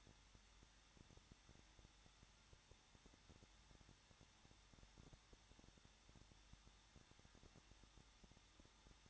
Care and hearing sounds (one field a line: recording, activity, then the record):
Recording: daily activity, microphone in the room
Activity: no activity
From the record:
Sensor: 3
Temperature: 21.2 degrees Celsius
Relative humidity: 36.4%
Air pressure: 1006.4 hPa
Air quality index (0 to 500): 223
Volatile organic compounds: 43 ppm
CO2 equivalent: 3191 ppm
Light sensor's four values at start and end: 2/3/2/2 and 2/3/2/2